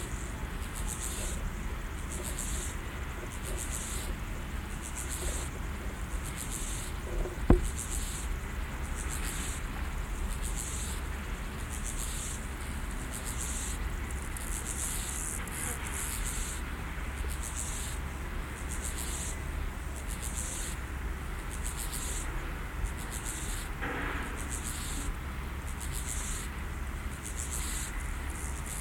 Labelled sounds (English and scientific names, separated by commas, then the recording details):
Steppe Grasshopper (Chorthippus dorsatus) stridulation
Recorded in the wild
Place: Blankenfelde, Tegeler Fließ, Berlin, DE
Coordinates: 52.625, 13.404
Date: 1992-08-29 11:48
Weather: heiter (schwül), 23-28°C
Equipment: Marantz CP 430, Sennheiser ME 80, Kopie Tesla B 116
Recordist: Tembrock, Günter